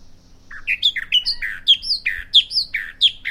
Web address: songs Bahama Mockingbird